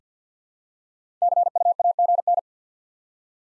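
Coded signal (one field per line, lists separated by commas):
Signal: Morse code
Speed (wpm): 45 wpm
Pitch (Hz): 700 Hz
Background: none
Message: CUAGN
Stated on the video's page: Morse practice drill of common QSO elements at 50 wpm; each element sent in Morse, spoken, then sent again.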